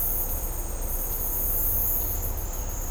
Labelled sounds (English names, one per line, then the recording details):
none
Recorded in dense forest near Puerto Asís, Putumayo, Colombia, on 18 December 2024 at 17:00
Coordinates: 0.503, -76.323
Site G043